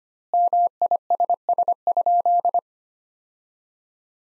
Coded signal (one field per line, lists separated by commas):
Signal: Morse code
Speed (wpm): 25 wpm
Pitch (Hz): 700 Hz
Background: none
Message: MISS?